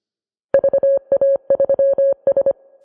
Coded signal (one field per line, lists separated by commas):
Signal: Morse code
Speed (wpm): 25 wpm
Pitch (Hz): 550 Hz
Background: none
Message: VA3S